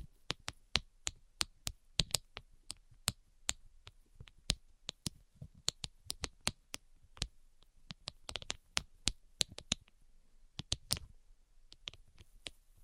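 Tapping sounds, sharp crisp clicks landing in irregular runs at roughly two to four per second, each sudden and bright. Around eight to eleven seconds the taps bunch into denser, quicker clusters with a faint scratchy rustle between them, then thin out again near the end.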